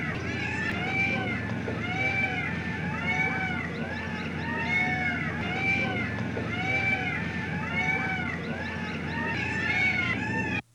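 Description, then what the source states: Birds calling together, with many overlapping arched whistled notes repeated steadily throughout and a constant low rumble underneath. Many exotic jungle birds.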